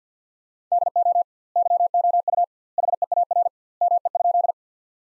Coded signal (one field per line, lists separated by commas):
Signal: Morse code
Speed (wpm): 50 wpm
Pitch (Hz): 700 Hz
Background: none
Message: DO YOU HEAR ME?